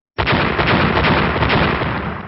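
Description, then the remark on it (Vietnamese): Four loud explosive blasts in a row start abruptly and merge into one continuous, crackling roar that holds steady for about two seconds before easing slightly. No voices are present. “Liên tục bốn tiếng nổ lớn vang lên”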